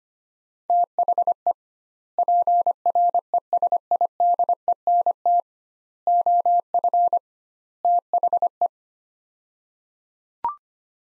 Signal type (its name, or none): Morse code